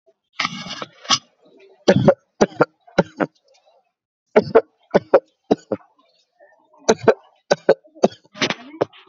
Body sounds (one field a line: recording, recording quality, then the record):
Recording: shallow voluntary cough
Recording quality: excellent, no background noise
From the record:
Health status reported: exposed to COVID-19, no respiratory illness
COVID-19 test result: negative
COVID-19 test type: RT-PCR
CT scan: not taken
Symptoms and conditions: cold, loss of smell and taste, hypertension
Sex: male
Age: 39 years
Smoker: no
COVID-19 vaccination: both doses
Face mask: not worn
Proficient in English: yes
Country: India